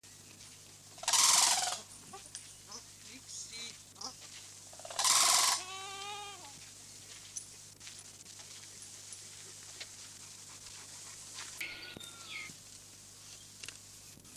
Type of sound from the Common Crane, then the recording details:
call. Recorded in captivity. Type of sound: call. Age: adult. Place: Vogelpark Niendorf, Schleswig-Holstein, DE. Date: 2006-09-28 13:15. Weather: sonnig, 24°C. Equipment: Grundig CR 110, Sennheiser ME 80, Kopie Uher 4000 Report Monitor. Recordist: Tembrock, Günter. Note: Rufe